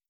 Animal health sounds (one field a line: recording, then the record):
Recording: hydrophone in a shrimp aquaculture tank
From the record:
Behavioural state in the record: stressed